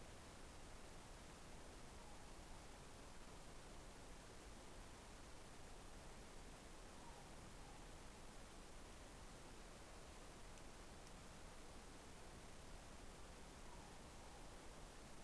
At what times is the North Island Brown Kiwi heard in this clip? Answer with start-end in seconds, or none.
none